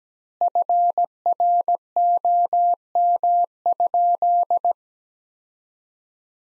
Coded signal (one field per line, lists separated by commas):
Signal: Morse code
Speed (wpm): 17 wpm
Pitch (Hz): 700 Hz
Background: none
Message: FROM?